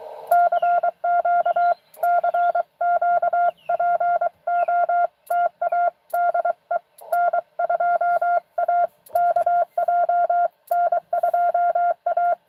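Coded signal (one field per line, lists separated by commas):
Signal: Morse code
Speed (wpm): 24 wpm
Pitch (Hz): 700 Hz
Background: none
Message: CQ CQ POTA DE N2AKJ N2A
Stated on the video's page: Live CW Parks on the Air activation.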